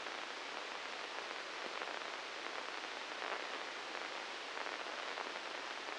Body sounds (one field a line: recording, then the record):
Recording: brain microelectrode recording played as sound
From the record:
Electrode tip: inside the subthalamic nucleus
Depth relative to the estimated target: -1 mm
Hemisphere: right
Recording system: NeuroSet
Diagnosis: Parkinson's disease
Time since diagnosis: 19 years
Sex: female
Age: 69 years